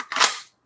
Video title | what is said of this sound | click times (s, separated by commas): The CanadaGuns Talk Show Episode 24: Titles are hard and so am I | it clicks right into there and it'll actually hold a weapons light uh on the holster at the same time you can see that rail | 0.1 s